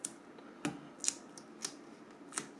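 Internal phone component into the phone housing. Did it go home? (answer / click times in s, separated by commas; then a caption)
no / none. During a restoration of an old Nokia 5530 XpressMusic touchscreen phone, an internal part is positioned against the plastic housing to be pressed in. Several short, sharp ticks and taps of handling sound over a low background hiss, near 0.1, 0.7, 1.1, 1.7 and 2.4 seconds. Nothing has seated or clicked into place yet.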